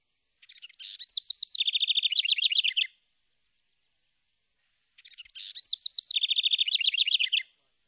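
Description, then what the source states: House Wren song, two bursts of fast chattering trills, each about two and a half seconds, rising then settling into rapid repeated notes. Example of a complex song.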